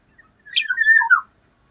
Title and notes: Kepodang. suara burung